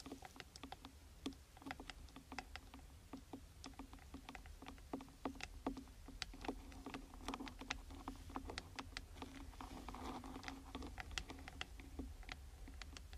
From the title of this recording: Rain stick